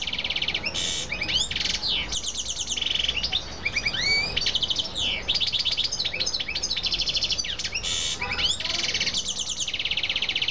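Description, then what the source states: Canary in full song, linking fast rolled trills, bright chirps and sweeping whistles in quick succession, with brief pauses between phrases. Female.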